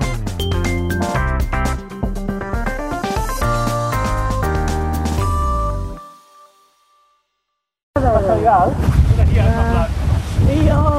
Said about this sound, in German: Ein kalter Wind weht über das Wiesengelände, pfeift durch das halb abgedeckte Dach eines gelbroten Lehmziegelhauses. Es ist gerade ziemlich ungemütlich hier draußen an der Hauptstraße von Felce-Dobsa, einem Dorf in Ungarns Nordosten.